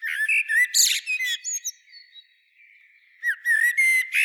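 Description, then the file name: Common blackbird song: a melodious, whistled phrase with a scratchy high burst, a short quiet gap, then another whistled phrase begins. "Turdus merula"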